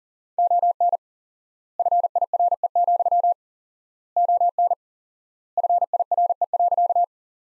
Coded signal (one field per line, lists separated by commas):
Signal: Morse code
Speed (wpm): 37 wpm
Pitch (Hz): 700 Hz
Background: none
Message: ON FIRE, ON FIRE.